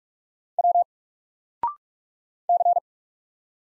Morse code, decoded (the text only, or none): W C